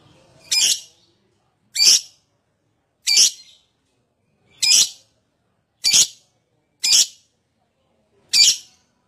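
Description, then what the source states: Lovebird uttering seven loud, harsh high-pitched chirps at irregular intervals of about one to one and a half seconds, with silence between. Adult lovebird, described as gacor owor owor.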